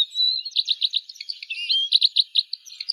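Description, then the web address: Red crossbill calls: a quick series of sharp, high chip notes with a brief thin whistled note midway. Slovenia. "Loxia curvirostra"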